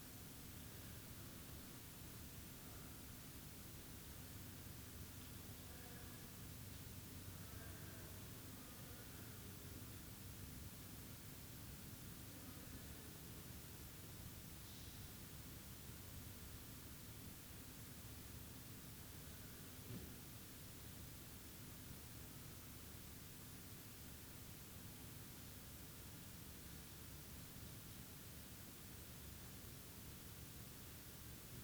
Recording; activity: daily activity, guitar pickup as the sensor; sit